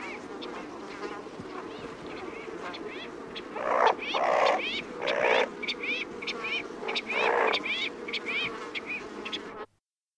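Brown teal calling: scattered high, sliding notes with louder rasping bursts in the middle, then an abrupt cut to silence.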